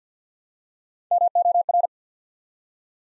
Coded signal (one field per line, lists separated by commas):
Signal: Morse code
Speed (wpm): 50 wpm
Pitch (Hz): 700 Hz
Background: none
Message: MOR